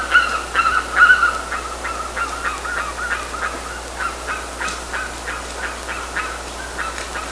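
Bird calling in a fast series of harsh, clucking notes, loudest at the start, then continuing with softer repeated notes.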